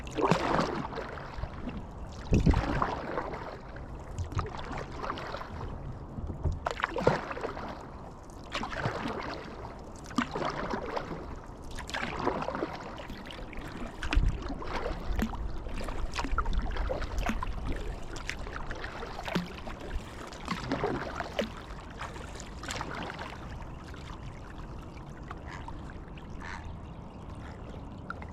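Paddling through water, with a splashing stroke roughly every two to three seconds across the whole stretch. Between strokes there is a steady low rumble and a soft wash of trickling water, and the strokes grow slightly busier in the second half.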